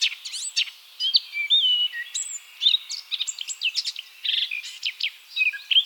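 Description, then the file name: Eurasian blackcap giving a varied warble of sharp upslurred chips and clear whistles, steady throughout. "Sylvia atricapilla"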